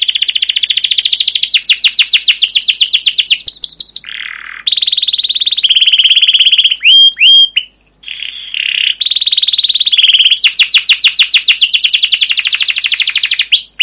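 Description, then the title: Canary singing a long fast trill, a low buzzy note, sustained whistled tones with sweeping chirps, then another long rapid rolling trill. Canary song with long rolling trills (cuit cuit ngerol), described as gacor, used as a lure (pancingan) master recording to train other canaries. "CUIT CUIT NGEROL LANGSUNG GACOR PANJANG Kenari Pancingan. Masteran Suara Burung Kenari Gacor Panjang cuit cuit Ngerol untuk Pancingan Kenari"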